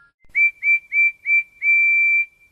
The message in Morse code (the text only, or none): none